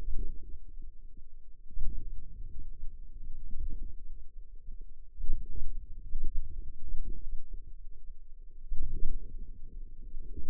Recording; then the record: forearm muscle sounds (acoustic myography)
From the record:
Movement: outward rotation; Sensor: system 2, bracelet of six BSWA MPA416 microphones around the upper forearm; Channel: 2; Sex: female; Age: 21 years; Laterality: right